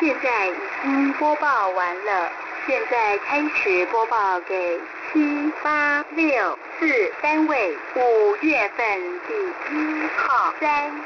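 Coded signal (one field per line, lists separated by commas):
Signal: numbers station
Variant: V13 New Star, Mandarin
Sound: female Mandarin voice reading four-digit groups, each repeated twice, over shortwave static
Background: radio static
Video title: V13 New Star Broadcasting 07/06/2024 1300 UTC 11430kHz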